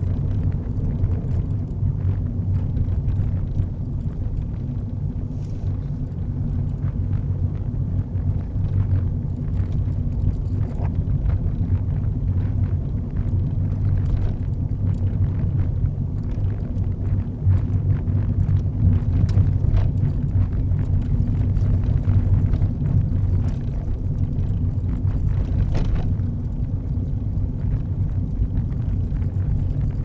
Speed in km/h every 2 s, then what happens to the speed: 24, 26, 26, 26, 26, 26, 27, 27, 27, 26, 26, 24, 24, 24, 23.
0-30 steady at about 26.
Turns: none.